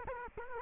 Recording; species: mosquito wingbeat signal from an infrared sensor; Culex quinquefasciatus